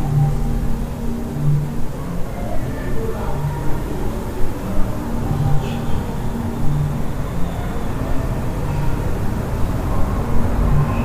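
Sounds from a hostel room in Central America: a steady low rumble, like traffic or a motor, runs throughout with short humming tones recurring every second or so. Faint voices surface now and then, and a brief brighter scrape occurs around five and a half seconds.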